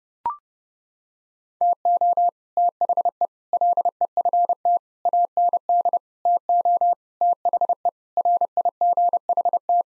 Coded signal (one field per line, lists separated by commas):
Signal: Morse code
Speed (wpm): 30 wpm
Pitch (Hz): 700 Hz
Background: none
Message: TO THE LEFT AND TO THE RIGHT